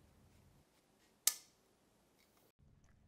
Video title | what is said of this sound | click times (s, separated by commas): Poll Worker Training Video | now take both foot pieces and extend them until they lock into place | 1.3 s